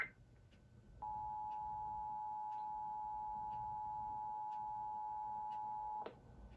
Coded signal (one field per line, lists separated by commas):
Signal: Emergency Alert System (SAME) tones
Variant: 853 and 960 Hz attention tone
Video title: EAS 1934: Local Area Emergency For Mohave AZ